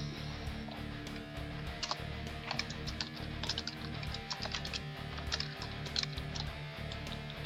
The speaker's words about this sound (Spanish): Estoy oyendo teclear y me estoy acordando del jefe Bigun tecleando en su máquina de escribir invisible.